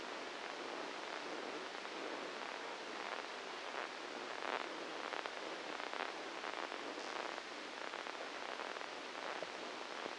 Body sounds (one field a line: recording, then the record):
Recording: brain microelectrode recording played as sound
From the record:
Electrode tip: inside the subthalamic nucleus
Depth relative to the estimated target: -1 mm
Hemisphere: left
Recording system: NeuroSet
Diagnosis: Parkinson's disease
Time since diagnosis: 9 years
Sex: female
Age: 51 years